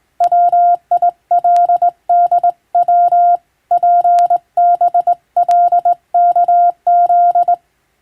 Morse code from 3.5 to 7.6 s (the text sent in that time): PBLKZ